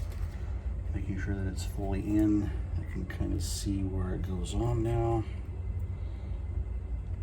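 A plastic suspension piece is being lined up on the front suspension of an RC monster truck while someone talks. Low, steady background rumble sits under the speech, with no impacts. Nothing has seated or clicked yet.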